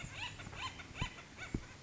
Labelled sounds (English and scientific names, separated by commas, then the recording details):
Acorn Woodpecker (Melanerpes formicivorus)
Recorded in Sonoma County, California